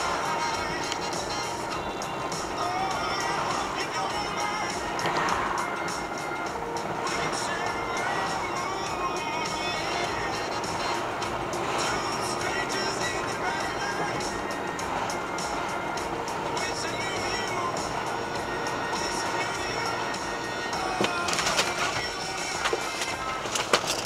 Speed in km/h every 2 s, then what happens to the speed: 41, 40, 39, 37, 36, 39, 45, 45, 42, 42, 40, 16.
0-9 steady at about 39. 9-12 speeds up to 45. 12-18 steady at about 42. 18-22 brakes to 16.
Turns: none.